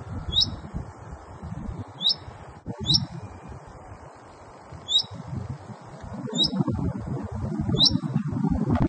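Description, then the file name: Common chaffinch calls: short, sharp high notes with a bent, hooked shape, given singly at irregular gaps of one to two seconds over low rumbling background noise. Female. "Fringilla coelebs female"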